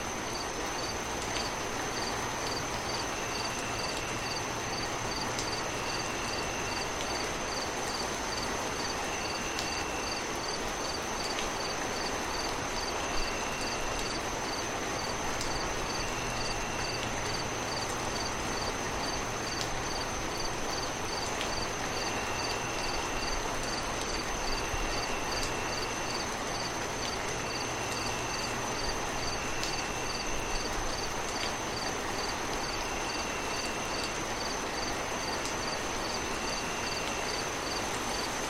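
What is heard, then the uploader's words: Steady rain hisses evenly throughout, dense and unchanging, over a faint low rumble. Crickets sing on top: a rapid, regular high trill never stops, while a lower chirping call repeats in short bursts every few seconds. 1 Peaceful Hour Of Relaxing Rain, Singing Crickets & Nature Sounds. Rain ambience and singing crickets.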